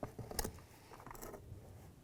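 Driver side mirror glass for a 2015-2019 Hyundai Sonata is pressed into the mirror actuator backing plate, worked left to right and up and down to seat its plastic clips. Short plastic taps and scrapes are heard, with a sharp click at 0.4 s. The mirror glass edges are pressed home and the glass is seated in place.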